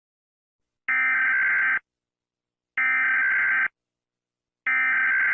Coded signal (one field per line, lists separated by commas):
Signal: Emergency Alert System (SAME) tones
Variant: header bursts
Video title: EAS Scenario - The Happy Bear (Part 5) (collaboration with @pierosebastiani-eas )